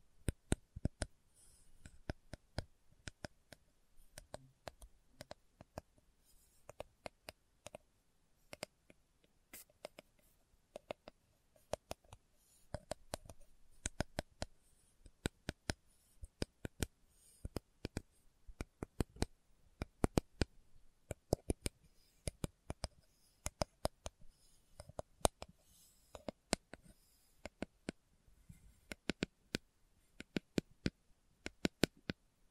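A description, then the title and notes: Slow tapping in irregular clusters, sharp bright taps spaced unevenly, sometimes a few in quick succession, then short pauses. Each tap is crisp and dry, with a quiet faint rustle and low murmur underneath between strikes throughout the clip. ASMR Slow Tapping for Deep Sleep (No Talking).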